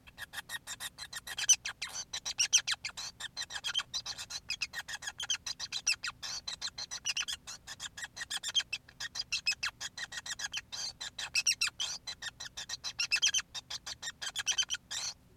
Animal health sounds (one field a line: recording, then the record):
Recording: song of a male Bengalese finch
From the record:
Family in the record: son of father 5